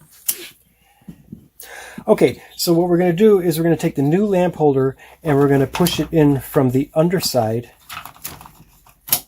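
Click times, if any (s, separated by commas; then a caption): 9.1 s. Someone talks while a new plastic fluorescent lamp holder socket is pushed up from the underside into its mounting hole in the lamp panel of an ESB "Doorbed" Sunsplash 10 tanning bed. A few light taps are heard around 8.1–8.5 s, then a sharp click at 9.1 s as the socket seats into place.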